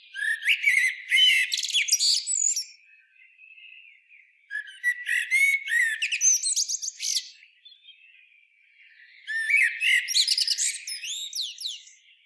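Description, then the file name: Eurasian blackbird singing three phrases of rich fluty notes, each closing in a high, scratchy twitter, with pauses of about two seconds between them. "Turdus merula"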